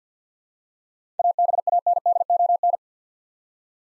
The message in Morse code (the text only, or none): ABANDON